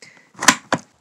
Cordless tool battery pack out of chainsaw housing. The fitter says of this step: put this forward and it pops right out